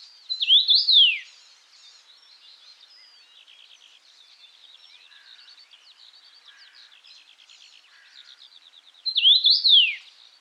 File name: Louis A Hansen - Obyknovennaya chechevica Carpodacus erythrinus